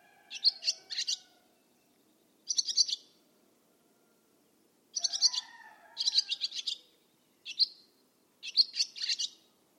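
Barn swallow calls: short bursts of rapid, high, scratchy chirps in clusters about every one to two seconds, with faint lower sliding whistles underneath in places.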